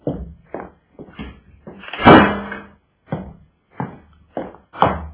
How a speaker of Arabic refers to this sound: طب اهدى شوية واقفل الباب.